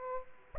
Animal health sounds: mosquito wingbeat signal from an infrared sensor; Aedes aegypti

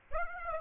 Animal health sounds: mosquito wingbeat signal from an infrared sensor; Aedes aegypti

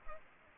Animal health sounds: mosquito wingbeat signal from an infrared sensor; Culex pipiens

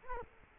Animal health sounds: mosquito wingbeat signal from an infrared sensor; Culex quinquefasciatus

